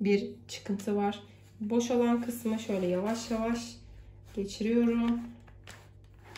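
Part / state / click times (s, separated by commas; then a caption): brush roll into cordless vacuum cleaner head / seated / 6.4 s. A cleaned brush roll is slid slowly into the open side of a Dyson V15 cordless vacuum cleaner head, over the guide lug, while someone talks. A few soft handling noises follow, then a short click at 6.4 s as the brush roll seats fully in place.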